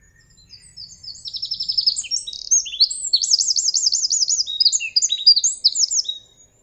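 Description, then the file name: Eurasian wren singing a long, shrill cascade of quick notes, with a fast trill early on and a louder rolling trill midway, ending in scattered high chips. "Troglodytes troglodytes"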